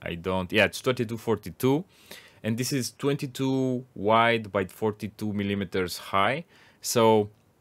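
Someone talks while handling a 2230 M.2 SSD and a 2230-to-2242 length adapter bracket (22 by 42 mm) for installing a secondary SSD in a ThinkPad T480. Nothing has clicked or seated yet; the SSD is not yet home in the adapter.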